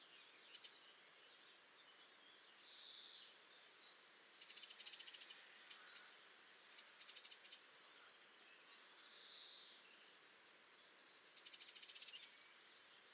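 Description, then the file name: Eurasian wren calls, high buzzy rattles and brief ticking bursts recurring throughout, quiet against a constant hissing background. "Troglodytes troglodytes"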